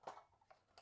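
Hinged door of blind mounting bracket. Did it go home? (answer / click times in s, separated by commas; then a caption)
no / none. Small hinged doors on a 2-inch blind's mounting brackets are handled as they are closed over the headrail. Short, light plastic knocks and taps sound at about 0.1 s and 0.8 s, with a fainter tap near 0.5 s. Nothing has seated or clicked yet.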